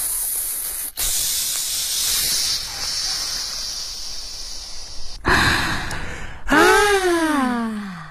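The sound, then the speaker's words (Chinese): A long, steady hiss of air rushing out of a body after it is poked with a pencil, broken by a short gap, then a louder burst ending in a squeaky whistle that slides downward in pitch, like a balloon deflating. No one speaks. “哎呀，我觉得刚才身体里那个很生气很生气的气好像都跑掉了。”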